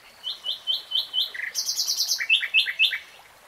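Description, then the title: Nightingale song of quick repeated whistles, a short buzzy burst, then high rapid notes and a final series of sliding chirps. Nightingale singing, recorded in real time. "[Tiếng chim hót] Nightingale Singing"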